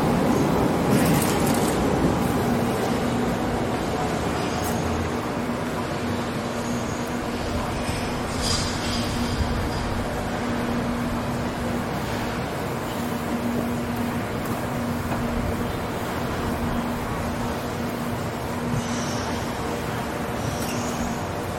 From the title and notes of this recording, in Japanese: George Street を Circular Quay から Townhall まで歩く。ビジネスマンが忙しく行き交うビジネス街を歩きながらいろんな音を楽しみます。ステレオ音声。